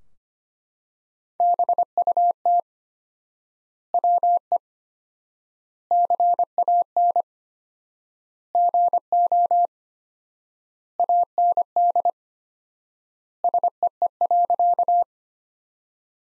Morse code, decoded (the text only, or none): BUT WE CAN GO AND SEE.